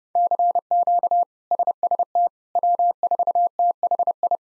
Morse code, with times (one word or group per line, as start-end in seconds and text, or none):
0.2-1.2 CQ
1.5-2.3 SST
2.6-4.4 W4THI